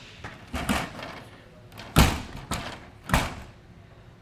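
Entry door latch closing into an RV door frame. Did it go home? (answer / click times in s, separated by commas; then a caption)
no / none. An RV entry door is swung shut with the step stowed, making a series of thumps as the door meets the frame, the loudest near 3.1 s. The door latch does not catch, so nothing has latched or clicked into place yet.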